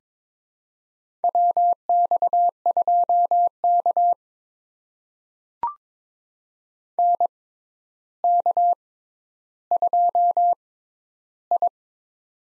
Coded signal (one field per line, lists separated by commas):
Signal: Morse code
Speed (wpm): 22 wpm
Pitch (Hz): 700 Hz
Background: none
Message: WX2K NK2I